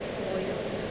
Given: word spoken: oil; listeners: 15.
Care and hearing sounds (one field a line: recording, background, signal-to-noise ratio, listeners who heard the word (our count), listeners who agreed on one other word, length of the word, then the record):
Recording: one English word in noise, from a listening test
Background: speech-shaped noise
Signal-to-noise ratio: -4.4 dB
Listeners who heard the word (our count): 3 of 15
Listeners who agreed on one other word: 6 of 15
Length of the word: 0.51 s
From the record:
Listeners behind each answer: 6, 3, 2, 1, 1, 1, 1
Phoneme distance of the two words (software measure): 7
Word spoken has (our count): 1 syllable, 2 phonemes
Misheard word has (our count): 1 syllable, 3 phonemes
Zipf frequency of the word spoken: 4.98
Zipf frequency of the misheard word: 4.08